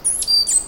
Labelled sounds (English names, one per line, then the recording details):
Stitchbird song
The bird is a male
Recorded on Tiritiri Matangi Island, New Zealand, in 2005
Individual 1, of nest box 1